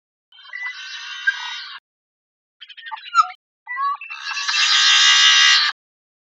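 Yellow-headed blackbird gives a drawn-out buzzy rasp, a cluster of clipped notes, then another loud harsh grinding buzz.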